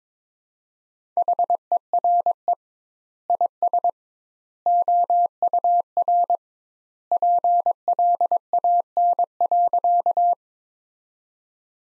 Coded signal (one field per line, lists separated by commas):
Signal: Morse code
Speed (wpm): 22 wpm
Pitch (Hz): 700 Hz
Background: none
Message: HERE IS OUR PLAN.